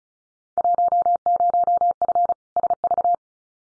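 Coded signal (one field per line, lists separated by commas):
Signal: Morse code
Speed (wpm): 36 wpm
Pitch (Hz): 700 Hz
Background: none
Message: 10F SV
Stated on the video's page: Field Day exchange copying drill at 35 wpm; each exchange sent in Morse, spoken, then sent again.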